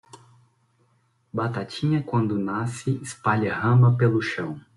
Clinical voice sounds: short text; Brazilian Portuguese; male; 30 to 39 years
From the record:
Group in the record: control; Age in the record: 30 years

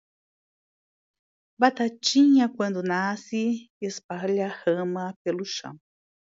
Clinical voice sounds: short text; Brazilian Portuguese; female; 50 to 59 years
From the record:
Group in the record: control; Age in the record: 58 years

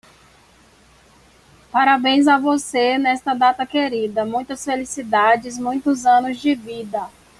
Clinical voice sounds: short text; Brazilian Portuguese; female; 20 to 29 years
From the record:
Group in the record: control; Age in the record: 28 years

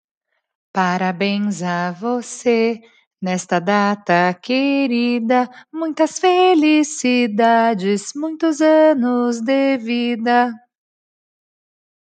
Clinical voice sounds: short text; Brazilian Portuguese; female; 30 to 39 years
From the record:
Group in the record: control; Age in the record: 35 years

